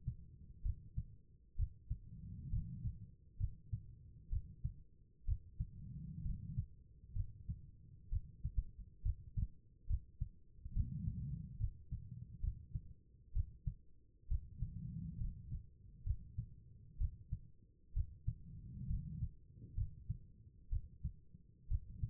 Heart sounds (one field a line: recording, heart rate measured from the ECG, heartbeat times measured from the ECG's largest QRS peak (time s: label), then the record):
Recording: heart sounds by stethoscope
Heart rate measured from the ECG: 66 bpm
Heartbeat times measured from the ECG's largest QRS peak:
0.62 s: heartbeat
1.56 s: heartbeat
2.50 s: heartbeat
3.37 s: heartbeat
4.29 s: heartbeat
5.25 s: heartbeat
6.22 s: heartbeat
7.13 s: heartbeat
8.09 s: heartbeat
9.02 s: heartbeat
9.87 s: heartbeat
10.73 s: heartbeat
11.57 s: heartbeat
12.40 s: heartbeat
13.33 s: heartbeat
14.28 s: heartbeat
15.17 s: heartbeat
16.03 s: heartbeat
16.98 s: heartbeat
17.93 s: heartbeat
18.87 s: heartbeat
19.75 s: heartbeat
20.69 s: heartbeat
21.68 s: heartbeat
From the record:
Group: healthy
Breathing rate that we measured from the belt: 16 breaths a minute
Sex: female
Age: 36 years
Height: 163 cm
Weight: 88 kg